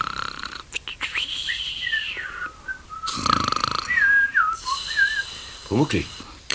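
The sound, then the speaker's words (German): A voice, pretending to be asleep in bed, imitates snoring with exaggerated breathy snorts broken up by high whistling tones that rise and fall, ending in a couple of wobbly gurgling sounds. “den Schnarcher, den kenne ich, Pumuckl. So schnarchst du ihn echt nie. Brauchst dich nicht verstellen”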